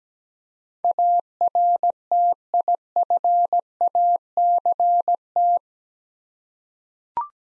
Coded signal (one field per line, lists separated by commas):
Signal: Morse code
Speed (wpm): 17 wpm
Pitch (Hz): 700 Hz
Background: none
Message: ARTIFACT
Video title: Easy Words with Hints - 17wpm